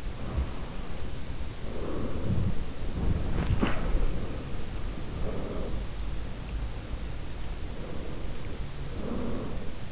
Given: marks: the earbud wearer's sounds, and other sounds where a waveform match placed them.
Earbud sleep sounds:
sounds in sleep by an in-ear microphone; breath, body movement
0.00-2.89 s: breath
2.57-6.89 s: body movement
3.53-5.87 s: breath
7.64-9.81 s: breath

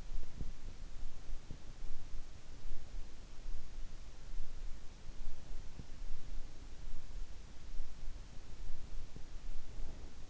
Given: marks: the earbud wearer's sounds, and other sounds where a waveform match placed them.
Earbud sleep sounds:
sounds in sleep by an in-ear microphone; teeth grinding, breath
0.00-0.73 s: teeth grinding
9.59-10.30 s: breath

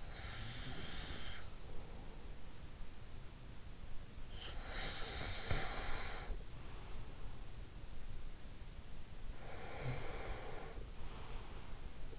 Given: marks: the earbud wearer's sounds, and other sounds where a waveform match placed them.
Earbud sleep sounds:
sounds in sleep by an in-ear microphone; snoring breath
0.00-2.38 s: snoring breath
4.35-6.85 s: snoring breath
9.17-12.18 s: snoring breath

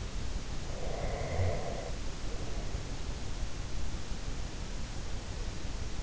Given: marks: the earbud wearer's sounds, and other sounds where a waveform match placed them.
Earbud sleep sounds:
sounds in sleep by an in-ear microphone; breath
0.69-2.90 s: breath

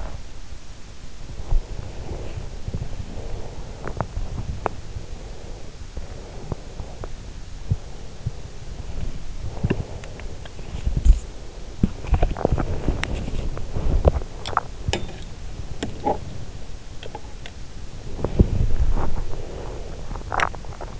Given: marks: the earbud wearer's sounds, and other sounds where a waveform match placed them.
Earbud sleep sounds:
sounds in sleep by an in-ear microphone; body movement, breath
0.00-21.00 s: body movement
4.50-7.28 s: breath
7.61-10.50 s: breath

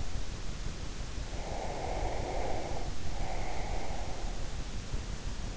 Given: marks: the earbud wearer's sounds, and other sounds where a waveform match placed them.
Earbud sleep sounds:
sounds in sleep by an in-ear microphone; breath
1.42-4.30 s: breath

